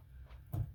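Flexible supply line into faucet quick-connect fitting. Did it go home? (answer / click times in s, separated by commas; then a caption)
no / none. A second flexible supply line is handled at a faucet's quick-connect fitting, with a low steady rumble and a brief burst of handling noise from about 0.5 to 0.7 seconds. Nothing has seated or clicked yet.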